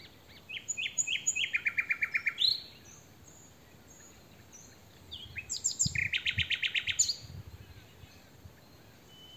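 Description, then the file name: Common nightingale singing two long phrases of rapidly repeated, loud chirping notes separated by a brief quiet spell. "Luscinia megarhynchos"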